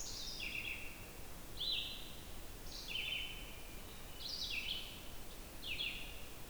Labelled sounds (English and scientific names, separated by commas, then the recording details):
Red-eyed Vireo (Vireo olivaceus) song
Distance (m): 40 m
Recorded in boreal forest in Alberta, Canada, on 28 June 2016 at 07:12
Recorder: SongMeter 3, array SBT-6-79
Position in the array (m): 121 m, 191 m